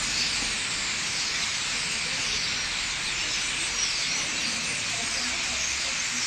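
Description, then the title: Common starling roost noise, a seething high-pitched chatter of innumerable birds forming a constant hiss-like texture. Thousands of birds gathering in trees at night at a roost in Limoges, France; recorded with a Sony PCM-M10's internal microphones. "4 Rue des Prisons, Limoges, France - Starlings - étourneaux"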